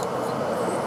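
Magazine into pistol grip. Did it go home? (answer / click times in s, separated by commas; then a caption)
no / none. A magazine is handled at the grip of a small pocket pistol as it is pushed up toward place, with only a steady, even hiss and faint handling noise throughout. Nothing has seated or clicked yet.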